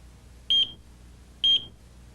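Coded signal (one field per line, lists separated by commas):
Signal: beep code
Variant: AT&T 9000 security controller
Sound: two short high-pitched electronic beeps about one second apart, slight ringing tail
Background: small room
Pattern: 2 short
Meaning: Two beeps signal a trouble condition: the system failed to check in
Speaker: the center controller will again let you know something is wrong with two beeps every 40 seconds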